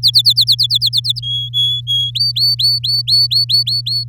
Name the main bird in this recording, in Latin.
Serinus canaria